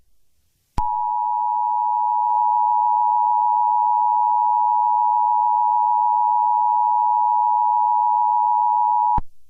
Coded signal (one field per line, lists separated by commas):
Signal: Emergency Alert System (SAME) tones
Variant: 853 and 960 Hz attention tone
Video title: EAS Scenario #5: The Rampage